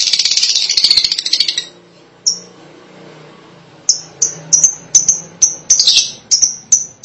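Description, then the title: Lovebird chatter opens with rapid shrill chirping, then after a pause a steady series of quick piercing squeaks. "BM Suara Burung Lovebird"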